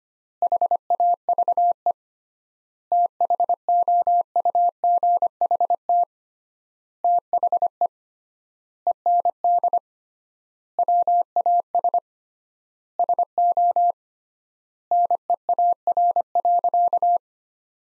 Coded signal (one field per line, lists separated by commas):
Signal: Morse code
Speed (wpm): 25 wpm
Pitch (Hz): 700 Hz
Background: none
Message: HAVE THOUGHT THE END WAS SO NEAR.